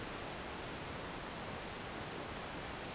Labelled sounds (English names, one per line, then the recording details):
none
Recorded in dense forest near Puerto Asís, Putumayo, Colombia, on 29 June 2025 at 10:00
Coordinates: 0.484, -76.317
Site G045